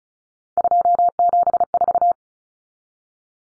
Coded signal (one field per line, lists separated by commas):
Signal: Morse code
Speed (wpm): 34 wpm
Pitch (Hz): 700 Hz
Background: none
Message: 274